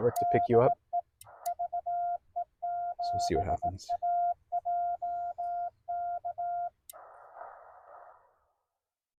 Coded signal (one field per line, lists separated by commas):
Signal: Morse code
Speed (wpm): 18 wpm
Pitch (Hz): 700 Hz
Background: speech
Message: DE VE7AJK